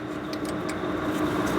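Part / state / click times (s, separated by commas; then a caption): brake pad abutment clip into caliper bracket / not seated / none. A metal brake pad abutment clip is lined up over the ears of the caliper bracket before being pressed in with a thumb. Only a steady broadband background hum is heard, with faint brief high-frequency rustles and no sharp transients. Nothing has seated or clicked yet.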